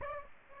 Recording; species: mosquito wingbeat signal from an infrared sensor; Aedes aegypti